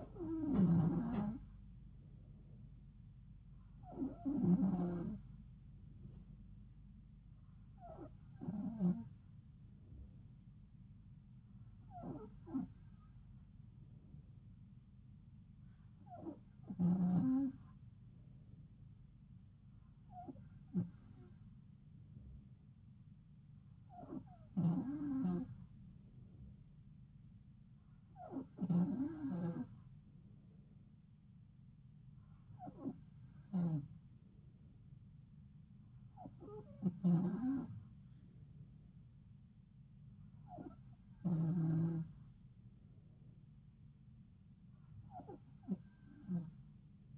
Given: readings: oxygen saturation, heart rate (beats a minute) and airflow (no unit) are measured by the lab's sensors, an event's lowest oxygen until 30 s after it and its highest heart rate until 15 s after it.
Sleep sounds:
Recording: breathing in sleep by a smartphone at the bedside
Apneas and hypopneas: none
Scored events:
none scored
From the record:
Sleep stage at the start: N2 (light sleep)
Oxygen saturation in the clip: 92 to 93%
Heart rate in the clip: 70 to 74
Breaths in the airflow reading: 12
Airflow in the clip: -3.5 to 2.6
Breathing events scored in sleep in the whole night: 270 in 6.1 hours asleep

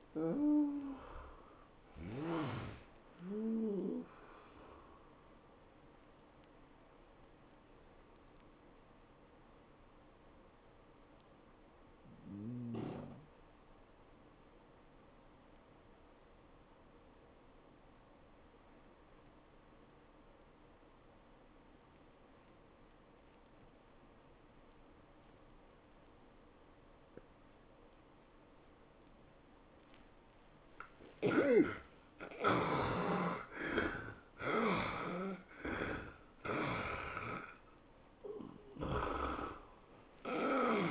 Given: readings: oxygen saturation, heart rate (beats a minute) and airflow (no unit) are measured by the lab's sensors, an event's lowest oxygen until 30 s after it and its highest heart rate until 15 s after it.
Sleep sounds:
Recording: breathing in sleep by a voice recorder at the bedside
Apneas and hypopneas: 1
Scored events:
7.00-32.50 s: obstructive apnea (N1, oxygen 96% highest, then 70% lowest, heart rate 103 at the start, 107 highest)
From the record:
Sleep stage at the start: N1 (lightest sleep)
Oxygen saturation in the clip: 74 to 96%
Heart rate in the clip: 85 to 110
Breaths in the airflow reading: 5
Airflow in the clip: -12.7 to 10.8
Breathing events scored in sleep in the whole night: 403 in 5.5 hours asleep

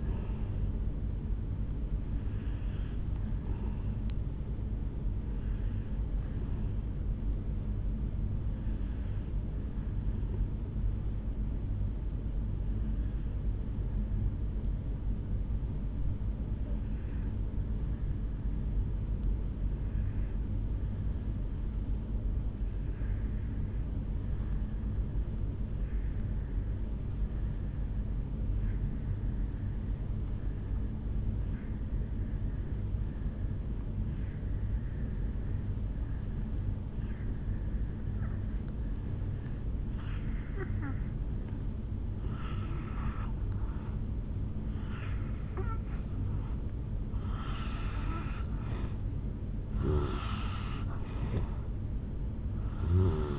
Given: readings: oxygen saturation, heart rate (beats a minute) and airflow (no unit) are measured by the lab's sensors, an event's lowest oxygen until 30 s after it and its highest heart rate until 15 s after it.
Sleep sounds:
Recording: breathing in sleep by a smartphone at the bedside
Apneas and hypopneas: 1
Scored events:
11.00-39.90 s: obstructive apnea (N1, oxygen 98% highest, then 83% lowest, heart rate 52 at the start, 68 highest)
27.00-53.39 s: new sleep stage, N2 (light sleep)
From the record:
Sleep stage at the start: N1 (lightest sleep)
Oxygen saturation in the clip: 81 to 98%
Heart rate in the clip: 52 to 71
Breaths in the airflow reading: 8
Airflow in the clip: -7.9 to 3.5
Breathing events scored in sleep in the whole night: 449 in 7.0 hours asleep

